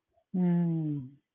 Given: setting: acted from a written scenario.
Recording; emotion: vocal sound without words; guilt